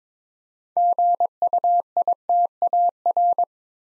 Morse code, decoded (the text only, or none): GUITAR